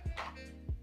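A handgun is drawn out of a rigid Kydex concealment holster, with a sharp click at 0.2 s as the retention releases. A low thud follows at 0.7 s over a steady background hum. The pistol clicks free and comes out of the holster.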